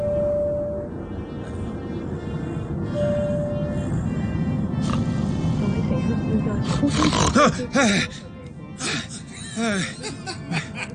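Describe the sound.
Loud, rough snoring, from a character in the Online Theatre Company's audio production of A Christmas Carol, rumbles continuously for several seconds, a deep rasping drone, before breaking into shorter snorts and voice-like sounds toward the end.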